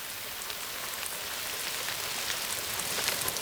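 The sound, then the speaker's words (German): Steady rain falls without pause after dark in Montreal, Monza or Monaco, with the spectators gone, a dense, even hiss of drops pattering on a surface, with scattered brighter taps rising out of the wash. No voices are present. “Nichts deutet darauf hin, dass der Regen bald nachlassen könnte.”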